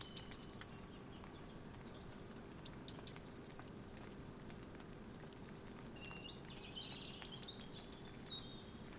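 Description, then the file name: Eurasian blue tit singing: three high, thin phrases, each a few sharp notes dropping into a quick, even trill, with short pauses between. "Cyanistes caeruleus"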